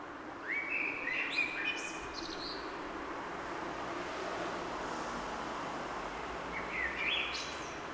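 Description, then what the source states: Songbird twittering in a quick chirpy phrase at the start and a brief burst near the end, set against a constant rushing hum of city traffic. Recorded on a back road in the city of Munich in spring.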